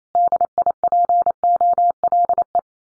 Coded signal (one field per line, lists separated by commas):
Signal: Morse code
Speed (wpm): 28 wpm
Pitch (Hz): 700 Hz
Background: none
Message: DIPOLE